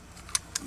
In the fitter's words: You hear it clicking along. Kind of lock it into place a little bit.